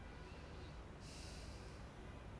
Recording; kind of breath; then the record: one breath in and out by a microphone near the nose and mouth; normal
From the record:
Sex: male